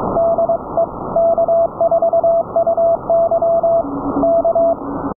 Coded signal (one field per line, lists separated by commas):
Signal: Morse code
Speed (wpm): 22 wpm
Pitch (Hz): 670 Hz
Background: none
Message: DE K4UY K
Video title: Forensic Audio & Network Testing a HomeBrew Remote Rig CW KEYING system for an ELECRAFT K3S(pt3)